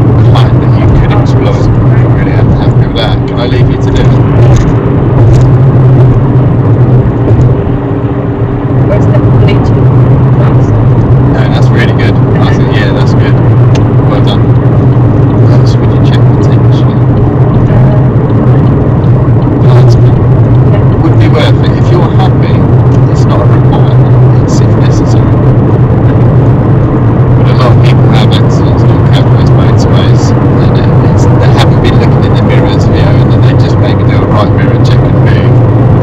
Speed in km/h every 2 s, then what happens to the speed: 79, 79, 79, 79, 79, 79, 81, 82, 82, 84, 85, 87, 89, 92, 95, 98, 101, 103.
0-21 steady at about 79. 21-36 speeds up to 103.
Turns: none.